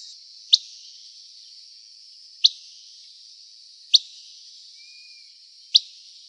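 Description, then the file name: Buff-breasted flycatcher giving four sharp, dry pit calls at uneven gaps of one to two seconds, with a faint high buzzing insect background. Calls recorded in Arizona on 3 August 2006. "BBFL CALLS deviche"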